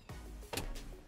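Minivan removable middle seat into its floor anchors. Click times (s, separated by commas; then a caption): 0.6 s. The removable middle seat of a 2022 Honda Odyssey EX-L minivan has its front hooked on first, then its back end is dropped straight down into the floor anchors. A sharp latch click is heard at 0.6 s amid low rumbling handling noise. The seat locks into place.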